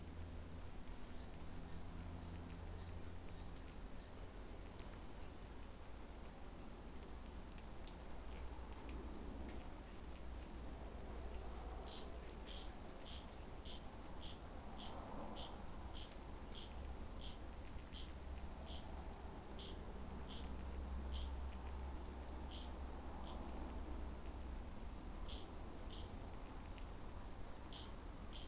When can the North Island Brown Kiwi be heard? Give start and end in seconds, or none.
none